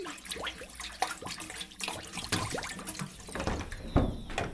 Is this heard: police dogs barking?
no